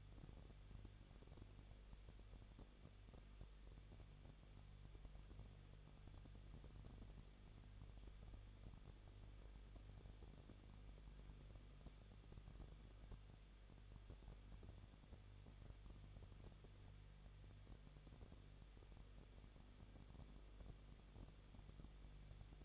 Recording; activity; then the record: daily activity, microphone in the room; no activity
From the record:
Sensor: 4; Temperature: 23.1 degrees Celsius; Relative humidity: 34.0%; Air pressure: 1007.2 hPa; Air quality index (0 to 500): 215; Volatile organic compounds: 15 ppm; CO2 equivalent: 2490 ppm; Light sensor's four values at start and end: 2/3/1/1 and 2/3/1/1